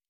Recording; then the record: hydrophone in a shrimp aquaculture tank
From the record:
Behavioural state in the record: normal